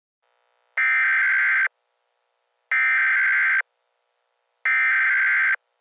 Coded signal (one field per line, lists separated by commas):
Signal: Emergency Alert System (SAME) tones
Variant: header bursts